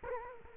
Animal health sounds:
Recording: mosquito wingbeat signal from an infrared sensor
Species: Culex quinquefasciatus

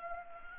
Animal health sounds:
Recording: mosquito wingbeat signal from an infrared sensor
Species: Anopheles gambiae

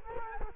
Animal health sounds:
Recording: mosquito wingbeat signal from an infrared sensor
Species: Culex quinquefasciatus

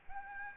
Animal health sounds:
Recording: mosquito wingbeat signal from an infrared sensor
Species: Aedes albopictus

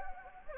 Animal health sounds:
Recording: mosquito wingbeat signal from an infrared sensor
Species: Anopheles gambiae

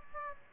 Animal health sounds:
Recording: mosquito wingbeat signal from an infrared sensor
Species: Aedes aegypti

